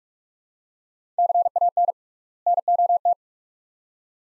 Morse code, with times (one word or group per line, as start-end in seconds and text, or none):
1.2-1.9 CAN
2.5-3.1 NOT